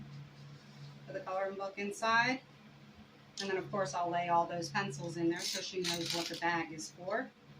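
A fabric tote bag packed with a coloring book and colored pencils is handled as its flap's snap fastener is about to be closed, while someone talks throughout. Nothing has snapped or seated yet by the end of the clip.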